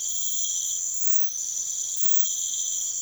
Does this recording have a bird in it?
no